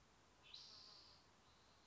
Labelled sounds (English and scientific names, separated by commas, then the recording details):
Spotted Towhee (Pipilo maculatus)
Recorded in Sonoma County, California